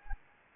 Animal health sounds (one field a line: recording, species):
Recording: mosquito wingbeat signal from an infrared sensor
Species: Anopheles gambiae